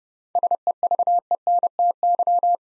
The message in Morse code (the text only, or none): SEVENTY